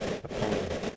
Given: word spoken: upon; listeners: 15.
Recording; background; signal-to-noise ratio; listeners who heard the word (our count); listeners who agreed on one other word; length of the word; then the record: one English word in noise, from a listening test; noise modulated by three-talker babble; -4.2 dB; 3 of 15; 6 of 15; 0.56 s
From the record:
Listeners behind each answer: 6, 3, 2, 1, 1, 1, 1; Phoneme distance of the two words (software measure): 17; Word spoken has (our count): 2 syllables, 4 phonemes, stress on syllable 2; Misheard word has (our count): 2 syllables, 5 phonemes, stress on syllable 2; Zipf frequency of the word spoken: 4.75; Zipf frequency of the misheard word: 3.43